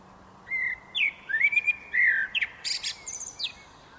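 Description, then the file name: Common blackbird delivering a slow, fluted phrase of sliding whistles that breaks into a brief, high, scratchy twitter near the end. "Turdus merula"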